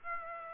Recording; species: mosquito wingbeat signal from an infrared sensor; Aedes aegypti